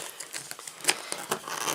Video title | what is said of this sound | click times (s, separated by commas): How to Swap AVON FM-12 Lenses - Airsoft | once you get one side and you hear nice distinctive click and then just go around make sure that it's all | 0.9 s